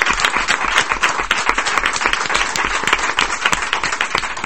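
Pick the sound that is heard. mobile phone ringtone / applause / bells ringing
applause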